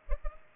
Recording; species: mosquito wingbeat signal from an infrared sensor; Culex pipiens